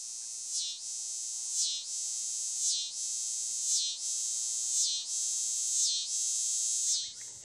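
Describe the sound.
Scissor-grinder cicada song: a continuous high, hissing buzz broken about once a second by a quick descending grinding sweep, steady throughout.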